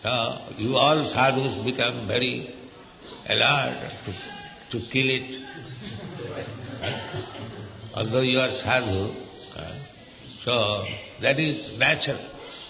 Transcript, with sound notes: So you all sādhus became very alert to kill it, (laughter) although you are sādhu. So that is natural.